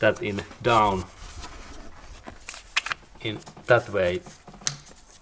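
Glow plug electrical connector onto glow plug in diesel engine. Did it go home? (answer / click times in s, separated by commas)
yes / 4.7 s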